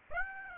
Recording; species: mosquito wingbeat signal from an infrared sensor; Aedes aegypti